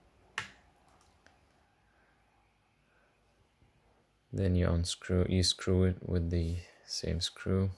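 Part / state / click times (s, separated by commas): M.2 SSD into laptop motherboard slot / seated / 0.4 s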